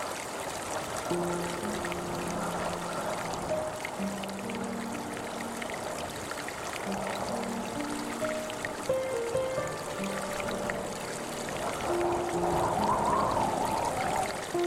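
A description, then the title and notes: Lapping water makes a steady, dense wash throughout, with soft sustained music notes gliding in low and middle registers. A brief warbling bird call rises near the end, around twelve to fourteen seconds, as the overall level swells slightly. A Short Meditation By The Lake Shore - Lapping Water - Birds Singing - Relaxing Music.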